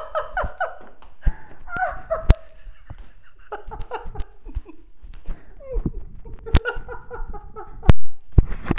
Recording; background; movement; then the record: laughter; quiet; walking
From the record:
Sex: female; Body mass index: 21.8 kg/m2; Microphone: on the chest, facing the body